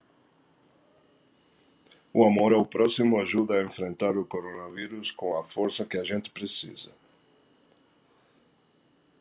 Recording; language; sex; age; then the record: spoken sentence; Brazilian Portuguese; male; 60 to 69 years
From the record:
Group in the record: control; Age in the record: 66 years